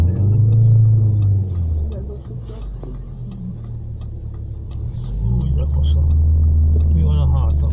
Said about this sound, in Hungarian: Autó. Most van egy autó.